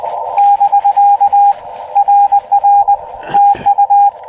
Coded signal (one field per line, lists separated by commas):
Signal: Morse code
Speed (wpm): 20 wpm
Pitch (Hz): 810 Hz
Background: radio noise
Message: <BK> RR TU